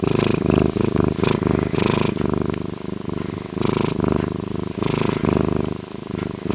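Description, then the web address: Bobcat purr, a steady low rumble rising and falling with each breath, broken by short breathy noisy bursts. "Bobcat Purring"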